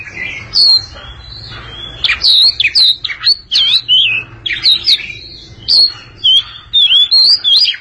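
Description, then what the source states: Oriental magpie-robin song opening quietly, then a string of loud, clear whistled phrases with upward and downward slurs. Long-duration song.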